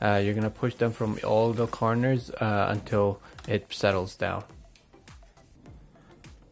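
A plastic keyboard bezel with no screws, which holds the power button strip on a Dell Inspiron 1464 laptop, is being handled before it is pressed down at every corner to clip into the laptop base. Someone talks for most of the clip, then it quiets to faint handling noise with a small sound at about 5.1 s. Nothing has seated or clicked yet.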